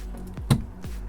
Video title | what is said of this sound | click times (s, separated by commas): Side View Mirror Replacement Grand Caravan Town & Country Under $20!! | You're going to push it in till it clicks. | 0.5 s